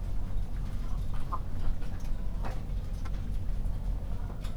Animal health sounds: poultry house recording; healthy chickens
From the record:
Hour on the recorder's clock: 22

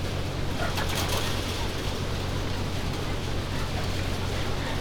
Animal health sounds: poultry house recording; healthy chickens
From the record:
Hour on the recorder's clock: 17

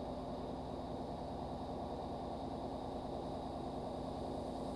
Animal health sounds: poultry house recording; no chicken sound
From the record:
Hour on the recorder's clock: 22

